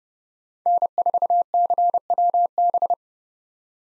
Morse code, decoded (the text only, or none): N4CWB